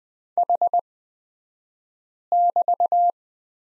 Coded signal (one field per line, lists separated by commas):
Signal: Morse code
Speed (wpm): 20 wpm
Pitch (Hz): 700 Hz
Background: none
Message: H<BT>